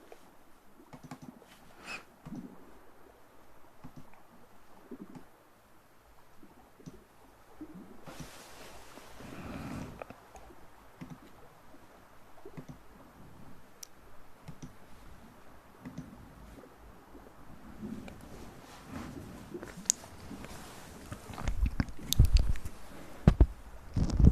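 Mouth sounds and hand movements: soft wet clicks, smacks and rustling shuffles scattered across the recording at a quiet level. The activity grows busier and louder after about eighteen seconds, with several sharp, bright clicks near the end.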